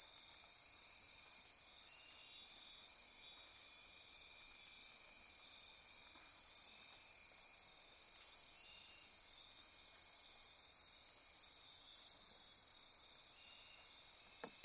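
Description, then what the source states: Dense insect chorus hums high and continuous, with a faint short sweep near the end. Insect chorus recorded at midnight near Corcovado.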